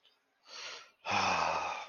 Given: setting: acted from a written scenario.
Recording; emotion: vocal sound without words; shame